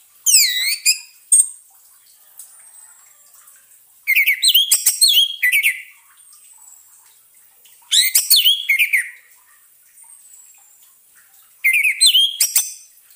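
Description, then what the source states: Orange-headed thrush song: bursts of varied whistled phrases in four spaced bouts with quiet gaps. Therapy sound to get an orange-headed thrush that has stopped singing to sing again.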